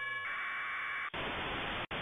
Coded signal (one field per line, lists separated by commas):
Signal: packet radio (AX.25, as in APRS)